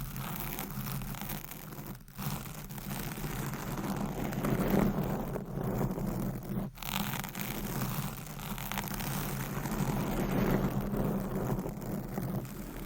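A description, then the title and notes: Mic scratching: a dense, rough rustle and rumble that runs continuously, with heavier low grinding and brighter scraping texture layered on top. Brief dropouts near two and just before seven seconds break the flow, and the level swells slightly later on. ASMR Mic Scratching - Brain Scratching Brain Melting Asmr No Talking.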